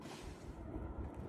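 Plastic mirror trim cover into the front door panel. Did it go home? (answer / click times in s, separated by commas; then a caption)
no / none. A plastic inner trim cover over the side mirror mount on a 2007–2011 Toyota Camry front door panel is lined up and pushed toward the door during a side view mirror replacement. Only a steady low rumble with broadband noise is heard, with no sharp hits. Nothing has seated or clicked yet.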